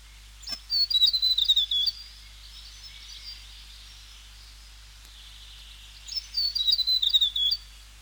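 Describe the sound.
South Island tomtit song: two high, thin phrases of quick repeated notes slurring slightly downward, about five seconds apart, over faint hiss.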